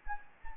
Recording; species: mosquito wingbeat signal from an infrared sensor; Anopheles gambiae